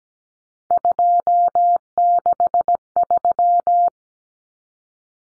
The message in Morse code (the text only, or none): 263